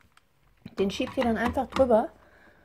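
A plastic Honeywell Evohome TRH092 programmable thermostat head is being pushed over the valve adapter on a radiator while someone talks, with one faint, short hit near the start. The clip ends before the head engages in the adapter's small gear teeth and before it is switched to Lock, so nothing has seated or clicked yet.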